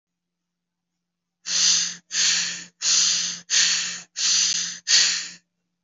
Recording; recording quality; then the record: shallow breathing; excellent, no background noise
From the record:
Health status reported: healthy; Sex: male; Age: 22 years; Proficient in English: yes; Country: India